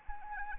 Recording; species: mosquito wingbeat signal from an infrared sensor; Anopheles arabiensis